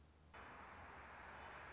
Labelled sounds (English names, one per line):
Anna's Hummingbird